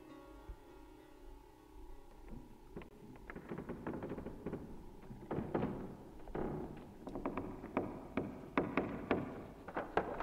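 Someone closes a wardrobe door in a room, heard as a run of irregular wooden thuds and clunks that grow louder and more frequent over a steady low hum, with no voices.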